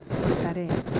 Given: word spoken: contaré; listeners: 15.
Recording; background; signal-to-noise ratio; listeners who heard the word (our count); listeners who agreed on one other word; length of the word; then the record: one Spanish word in noise, from a listening test; noise modulated by three-talker babble; -4.2 dB; 0 of 15; 7 of 15; 0.60 s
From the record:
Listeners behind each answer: 7, 2, 1, 1, 1, 1, 1, 1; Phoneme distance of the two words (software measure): 28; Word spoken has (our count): 3 syllables, 7 phonemes, stress on syllable 3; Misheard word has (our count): 3 syllables, 5 phonemes, stress on syllable 2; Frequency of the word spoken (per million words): 2.47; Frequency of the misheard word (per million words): 73.51